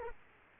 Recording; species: mosquito wingbeat signal from an infrared sensor; Aedes aegypti